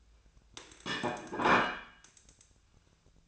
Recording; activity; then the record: daily activity, microphone in the room; place plate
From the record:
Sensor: 2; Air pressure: 1009.2 hPa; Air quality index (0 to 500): 187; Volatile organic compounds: 11 ppm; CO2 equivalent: 2323 ppm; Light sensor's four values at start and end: 23/56/24/26 and 23/57/24/27